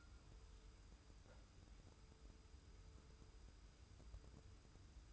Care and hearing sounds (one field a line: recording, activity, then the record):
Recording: daily activity, microphone in the room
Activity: wipe stove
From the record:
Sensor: 2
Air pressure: 990.4 hPa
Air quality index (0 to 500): 200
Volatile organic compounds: 1000 ppm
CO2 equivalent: 6410 ppm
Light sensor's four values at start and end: 32/76/31/31 and 32/76/31/31